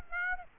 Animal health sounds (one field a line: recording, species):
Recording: mosquito wingbeat signal from an infrared sensor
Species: Aedes aegypti